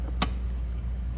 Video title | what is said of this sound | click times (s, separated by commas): HOW TO CHANGE OIL & SPARK PLUGS IN THE BMW B58 MOTOR (IN DEPTH - BY THE BOOK!!) | once you hear that little metallic click sound you're going to want to start it by hand | 0.2 s